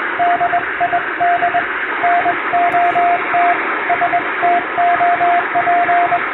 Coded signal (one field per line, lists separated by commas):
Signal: Morse code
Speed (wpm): 22 wpm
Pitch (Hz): 700 Hz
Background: radio noise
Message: DID NOT STOP